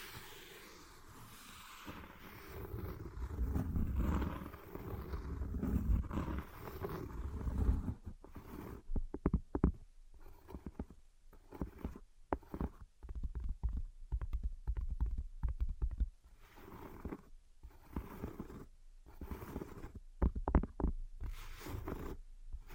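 Tapping and scratching, beginning with a dense, rumbling low scrape for the first eight seconds. After that it breaks into quick, uneven taps and short scratches separated by brief silences, staying mostly low and dull with occasional brighter clicks.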